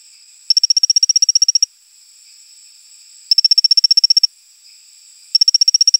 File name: Colostethus baebatrachus